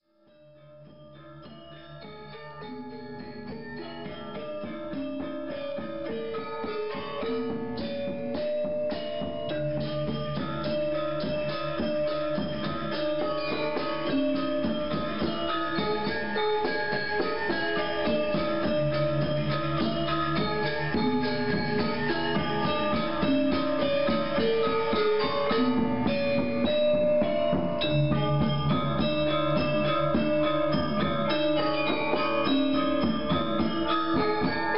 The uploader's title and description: Indonesia - gamelan orchestra. A local Gamelan orchestra practices in Ubud on the island of Bali, Indonesia